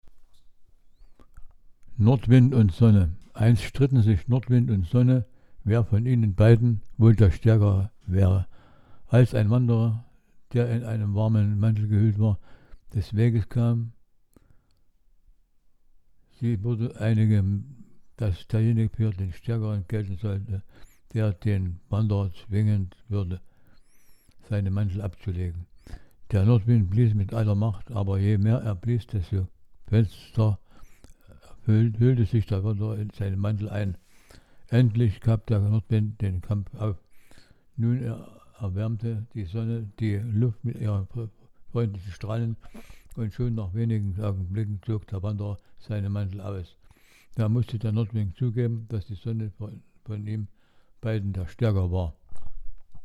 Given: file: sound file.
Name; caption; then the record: Audio PD reading; Audio file of the text reading task from a PD patient presenting a hypokinetic dysarthria type characterized by typical hypokinetic speech characteristics (hypophonia, reduced articulation precision, prolonged pauses).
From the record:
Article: Speech Differences between Multiple System Atrophy and Parkinson's Disease